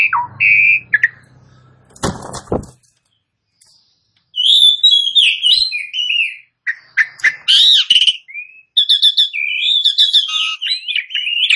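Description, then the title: Asian pied starling song: a loud, rambling run of whistles and slurred notes, with a low hum and a brief clattering burst early on. Bird starts singing within a minute. "Belum Satu Menit Jalak Suren Langsung Bunyi"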